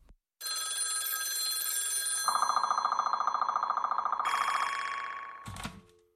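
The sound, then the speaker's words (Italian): A small bell rings in a rapid, shrill trill for about five seconds, loud and unbroken, through an apartment, then stops abruptly with a soft thud. “Il trillo del campanellino si rovesciò in volo per l'appartamento.”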